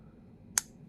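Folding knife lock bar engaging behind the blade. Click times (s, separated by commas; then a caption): 0.6 s. A folding knife's blade is opened again and its tensioned lock bar engages behind the blade with a single sharp click at 0.6 s over a quiet, low background. The lock snaps into place and is seated.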